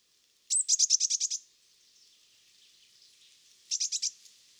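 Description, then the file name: Eurasian blue tit calling: a rapid burst of about eight high, scratchy notes, then after a pause a shorter burst of four similar notes. "Cyanistes caeruleus"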